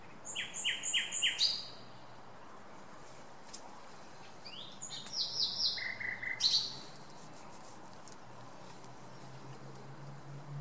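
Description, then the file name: Common nightingale song: a rapid series of repeated bright notes, a pause, then another varied phrase ending in a harsh burst. "Luscinia megarhynchos"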